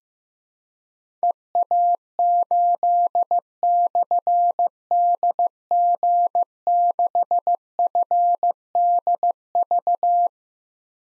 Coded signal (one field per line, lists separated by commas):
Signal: Morse code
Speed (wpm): 15 wpm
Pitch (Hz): 700 Hz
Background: none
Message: EA8/DG6FDV